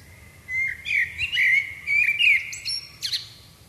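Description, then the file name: Common blackbird song phrase: a run of low, liquid whistled notes rising and falling, then a sharp, high squeaky ending. "Turdus merula"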